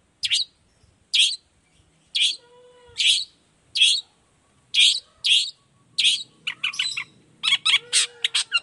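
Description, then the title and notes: Long-tailed shrike song of loud spaced harsh notes about once a second, ending in quicker chattering bursts; faint thin tone in background. Cendet song in the morning, varied toet toet notes, used as a lure to prompt other shrikes of any kind to reply quickly. "Cendet Gacor Dor Di Kala Pagi Toet Toet Variasi Suara. Cendet Gacor Efektif Pancingan Buat Cendet Jenis Apapun Agar Cepat Nyaut Buka Paruh. Burung cendet"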